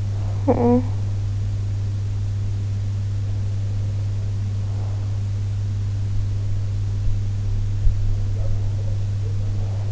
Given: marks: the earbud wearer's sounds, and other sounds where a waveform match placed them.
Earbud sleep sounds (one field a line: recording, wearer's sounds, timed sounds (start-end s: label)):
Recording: sounds in sleep by an in-ear microphone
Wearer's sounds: talking in sleep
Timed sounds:
0.00-1.28 s: talking in sleep